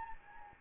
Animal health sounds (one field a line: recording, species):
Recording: mosquito wingbeat signal from an infrared sensor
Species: Anopheles gambiae